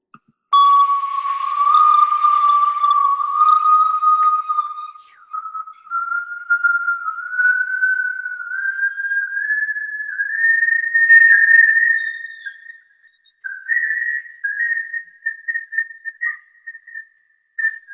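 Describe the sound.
A human voice imitates whale song: one long, sustained, pure-sounding tone that slowly glides upward in pitch, broken by a couple of short pauses, with a breathy edge at the start and no talking.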